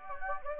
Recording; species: mosquito wingbeat signal from an infrared sensor; Anopheles gambiae